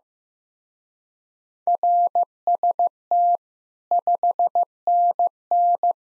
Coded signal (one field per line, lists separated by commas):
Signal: Morse code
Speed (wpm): 17 wpm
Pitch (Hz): 700 Hz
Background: none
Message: RST 5NN